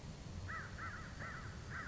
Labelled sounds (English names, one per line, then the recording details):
American Crow
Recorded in Sonoma County, California